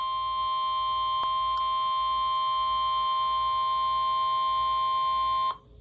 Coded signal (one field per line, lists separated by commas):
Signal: Emergency Alert System (SAME) tones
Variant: 1050 Hz attention tone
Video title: Severe Thunderstorm Warning w/extras (EAS #69) 2023/07/24